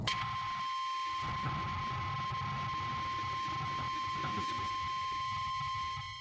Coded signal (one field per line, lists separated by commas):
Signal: Emergency Alert System (SAME) tones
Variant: 1050 Hz attention tone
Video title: Working with Amateur Radio to Save Lives During Severe Weather - Hamvention 2023